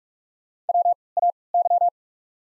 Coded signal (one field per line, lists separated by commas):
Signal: Morse code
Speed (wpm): 44 wpm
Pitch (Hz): 700 Hz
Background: none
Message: WAY